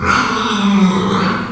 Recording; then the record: squeal of a Yucatan mini pig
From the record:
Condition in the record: after surgery on the right vocal fold (resection and tissue-engineered implant); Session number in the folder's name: 15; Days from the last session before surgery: 175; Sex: female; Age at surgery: 19 weeks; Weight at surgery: 25 kg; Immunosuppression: prednisolone